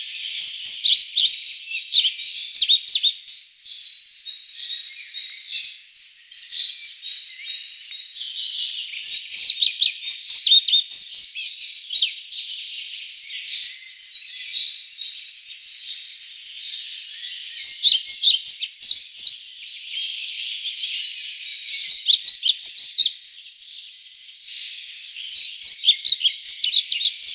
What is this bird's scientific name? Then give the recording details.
Ficedula hypoleuca. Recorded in the wild. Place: Waltershofen / Freiburg im Breisgau, Baden-Württemberg, DE. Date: 1996-05-16. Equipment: Dat-Recorder Casio DA 7, Telinga DAT, Telinga-Parabolspiegel. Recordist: Schwarz, Dieter. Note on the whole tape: Song